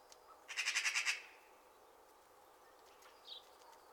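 Magpie rattle: a single short burst of quick, harsh clacking notes, followed by quiet and one faint chirp.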